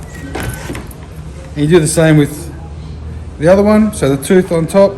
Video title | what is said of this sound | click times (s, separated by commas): Bonnet Protector Installation Guide For Nissan Navara NP300 2021+ | push that in until you hear a click | 0.8 s, 0.9 s